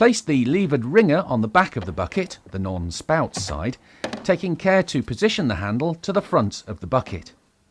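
A plastic lever wringer is being placed onto the back lip of a mop bucket, on the side opposite the spout, with its handle positioned toward the front of the bucket. Throughout the clip someone talks, with no distinct handling sounds standing out. Nothing has clicked or seated yet.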